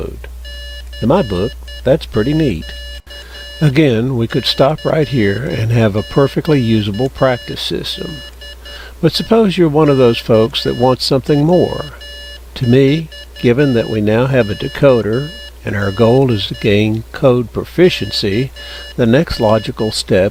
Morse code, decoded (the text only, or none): CQ CQ DE KW4KD KN